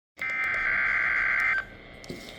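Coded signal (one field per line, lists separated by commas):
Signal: Emergency Alert System (SAME) tones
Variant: header bursts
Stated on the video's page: NWS Ruskin weekly test, AM.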